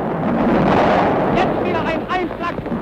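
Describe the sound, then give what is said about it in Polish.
A salvo fired by the warship Schleswig-Holstein at Westerplatte on 1 September, as World War II began: a loud, dense booming roar that sustains for a few seconds, with fainter warbling higher tones surfacing over the rumble toward the end. “Teraz Schleswig wystrzelił kolejną salwę.”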